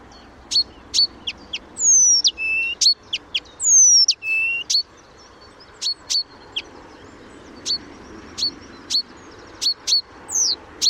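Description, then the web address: Blyth's reed warbler song of many sharp repeated ticks, with two drawn-out downward-sliding whistles early on and scattered slurred notes. "didier collin rousserolle des buissons"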